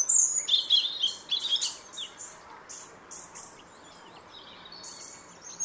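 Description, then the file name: European robin song: high, thin warbling and trilled phrases in the first two seconds, then softer scattered high notes over a steady low hiss. "Erithacus rubecula"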